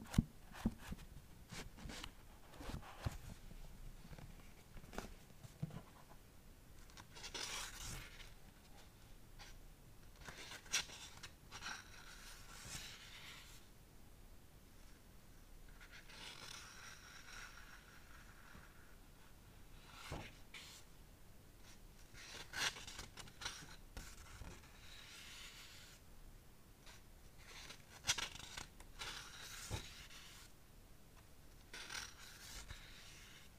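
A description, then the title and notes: Someone taps on a book cover and flips through its pages. Soft, irregular rustles and short bright swishes come every few seconds, with sharper taps scattered through, especially near the start and around the middle and end. A low steady hum sits underneath. All about books, tapping and page flipping (no talking). I will tap on the book cover and flip through the pages.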